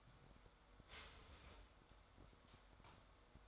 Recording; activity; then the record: daily activity, microphone in the room; start toaster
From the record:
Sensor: 3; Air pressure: 1014.6 hPa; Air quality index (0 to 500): 201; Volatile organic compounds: 26 ppm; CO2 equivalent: 2872 ppm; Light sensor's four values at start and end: 4/10/4/4 and 4/10/4/4